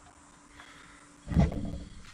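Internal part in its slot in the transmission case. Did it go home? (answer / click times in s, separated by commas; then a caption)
no / none. While rebuilding a Turbo 350 automatic transmission, a part near the kick down band is fitted toward its little slot in the metal transmission case so it will lock into place. A faint steady hum runs through the first second, then from about 1.3 s a loud burst of low rumbling handling noise sounds, with a brief sharp tick at 1.5 s. The part has not yet seated or clicked into its slot by the end.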